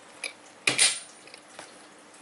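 The handle of a badge-making press is lowered until it gives a loud click at 0.7 s, seating the badge's first stage (position 1). A faint tick comes just before, and a few softer knocks follow. No one talks.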